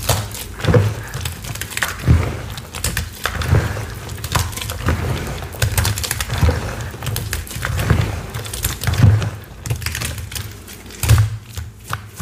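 Watermelon sounds, with soft low thuds about every second or so, clearest near 1, 2, 9 and 11 seconds. Crisp, wet crackles and clicky taps run steadily between them, like quick bites or knife pressure, at a fairly even loudness.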